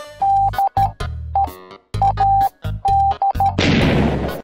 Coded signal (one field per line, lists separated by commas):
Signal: Morse code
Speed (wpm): 13 wpm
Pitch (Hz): 790 Hz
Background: music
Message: D E A D